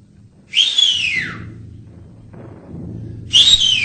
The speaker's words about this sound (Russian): Чуешь? Дежурный сигналит тревогу.